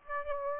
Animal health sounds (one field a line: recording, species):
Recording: mosquito wingbeat signal from an infrared sensor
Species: Aedes aegypti